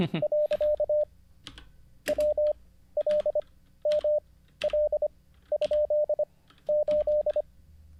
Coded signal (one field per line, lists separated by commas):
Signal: Morse code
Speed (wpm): 25 wpm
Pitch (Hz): 600 Hz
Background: none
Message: . W L M L ? 8